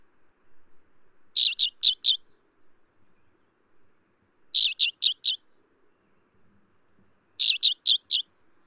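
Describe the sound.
Alpine accentor calling in short bursts of four rapid, rolling chirps, each burst repeated about every three seconds, with silence between.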